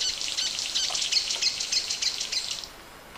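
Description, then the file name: King of Saxony bird-of-paradise song, a dense, buzzy, crackling hiss of rapid stuttering notes held for about two and a half seconds, then stopping. Recorded in Papua New Guinea. "Pter Albe"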